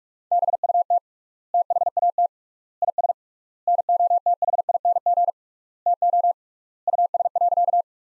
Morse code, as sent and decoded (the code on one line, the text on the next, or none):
-... ..- - / - .... .- - / .. ... / -. --- - .... .. -. --. / - --- / ..- ... .-.-.-
BUT THAT IS NOTHING TO US.